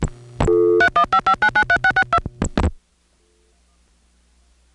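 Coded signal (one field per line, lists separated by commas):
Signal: DTMF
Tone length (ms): 80 ms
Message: 3155993662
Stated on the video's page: Long-distance telephone tones from a 1977 call from New York City to the 315 area code.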